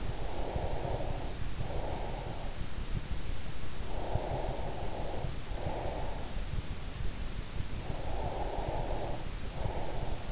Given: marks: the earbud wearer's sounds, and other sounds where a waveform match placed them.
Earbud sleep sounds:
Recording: sounds in sleep by an in-ear microphone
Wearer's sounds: breath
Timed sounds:
0.00-2.58 s: breath
3.78-6.37 s: breath
7.85-10.32 s: breath

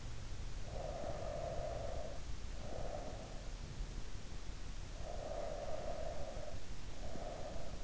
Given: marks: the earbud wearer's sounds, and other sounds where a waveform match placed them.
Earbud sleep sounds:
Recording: sounds in sleep by an in-ear microphone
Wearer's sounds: breath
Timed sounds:
0.68-3.39 s: breath
4.83-7.84 s: breath

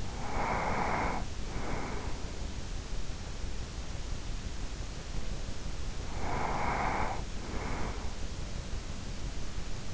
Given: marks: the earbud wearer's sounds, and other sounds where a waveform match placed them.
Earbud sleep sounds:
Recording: sounds in sleep by an in-ear microphone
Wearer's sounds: breath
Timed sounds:
0.00-2.62 s: breath
5.74-8.34 s: breath

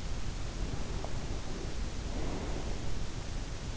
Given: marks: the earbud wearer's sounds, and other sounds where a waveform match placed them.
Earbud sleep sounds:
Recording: sounds in sleep by an in-ear microphone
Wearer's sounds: breath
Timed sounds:
0.53-3.60 s: breath

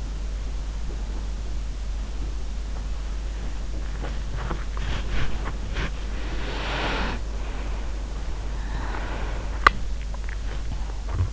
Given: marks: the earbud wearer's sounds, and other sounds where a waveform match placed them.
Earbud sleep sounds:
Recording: sounds in sleep by an in-ear microphone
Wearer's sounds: body movement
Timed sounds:
0.00-11.33 s: body movement

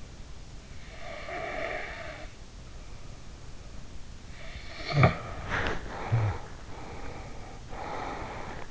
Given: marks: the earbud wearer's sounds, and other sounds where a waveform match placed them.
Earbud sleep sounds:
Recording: sounds in sleep by an in-ear microphone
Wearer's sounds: snoring breath, body movement, breath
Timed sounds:
0.87-2.38 s: snoring breath
4.54-6.60 s: snoring breath
5.29-6.02 s: body movement
6.74-8.71 s: breath

